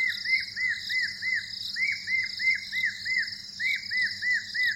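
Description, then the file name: Spotted thick-knee calls, a run of repeated arched whistled notes, about three a second in rising and falling bursts, over a dense insect hum. "Golosa ptic - Kapskaya avdotka Burhinus capensis"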